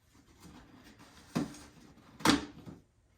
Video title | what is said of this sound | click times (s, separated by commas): Create the Perfect Gift for Book Lovers: Build the Book Valet Laser Cut File by Welcome Home Custom | you're going to push it down and it's going to snap into place like so | 2.2 s